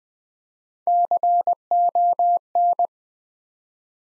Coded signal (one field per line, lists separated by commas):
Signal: Morse code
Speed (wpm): 20 wpm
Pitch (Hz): 700 Hz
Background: none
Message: CON